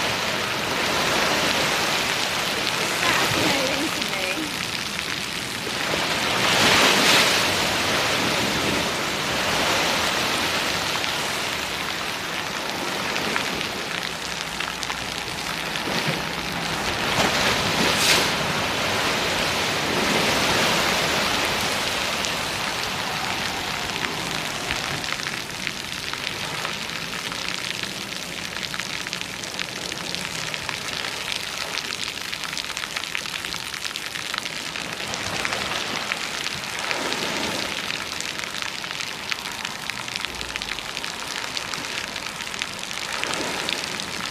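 Rough ocean water crashes against a concrete seawall, a constant dense hiss of spray and wash with heavier surges around 3, 7 and 18 seconds. The roar eases slightly in the second half, and a faint low engine hum drifts underneath at times.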